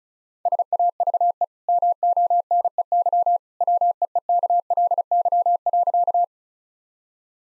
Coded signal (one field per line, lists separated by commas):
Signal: Morse code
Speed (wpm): 34 wpm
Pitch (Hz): 700 Hz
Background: none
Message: SAVE MONEY WEEKLY.